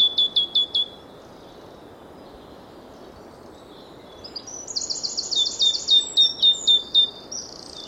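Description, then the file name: Great tit giving a short burst of ringing down-slurred notes, then after a pause a busier jumble of high chirps and repeated notes from birds. "Parus major"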